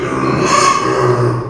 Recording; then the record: squeal of a Yucatan mini pig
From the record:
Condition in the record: before surgery on the right vocal fold (resection and tissue-engineered implant); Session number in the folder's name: 1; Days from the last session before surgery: -3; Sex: male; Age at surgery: 12 weeks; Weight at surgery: 13 kg